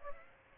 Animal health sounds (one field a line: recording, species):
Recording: mosquito wingbeat signal from an infrared sensor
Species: Aedes aegypti